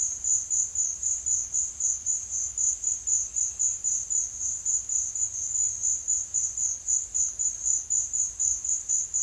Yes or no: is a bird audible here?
no